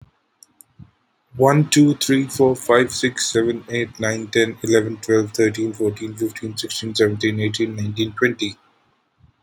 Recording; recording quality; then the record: counting at a fast pace; excellent, no background noise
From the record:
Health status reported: healthy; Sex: male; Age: 25 years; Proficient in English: yes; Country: India